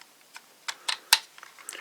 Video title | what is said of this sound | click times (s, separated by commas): Shuriken Gattai DX Shurikenjin Review (Shuriken Sentai Ninninger) | Fold that down until it clicks in place. | 1.1 s